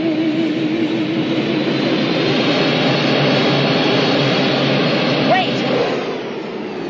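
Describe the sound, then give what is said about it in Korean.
An airplane's engines roar steadily as the plane begins to move, a dense, continuous rushing drone that holds level and then eases slightly in the final second. “레이첼을 태운 비행기가 서서히 움직이기 시작합니다.”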